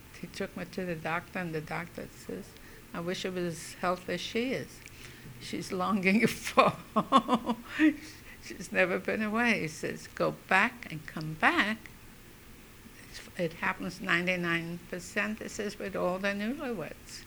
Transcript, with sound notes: he took me to the doctor, and the doctor says, "I wish I was as healthy as she is. She's longing for home." ( she laughs ) "She's never been away," he says. "Go back. And come back, it happens ninety- nine percent," he says, "with all the newlyweds."